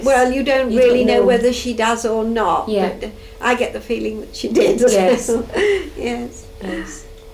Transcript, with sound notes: Well you don't really know whether she does or not.
You don't know. Yeah.
I get the feeling that she did. [laughs]
Yes.
Yes.
Yes.